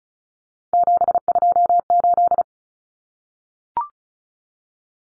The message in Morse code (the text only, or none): 728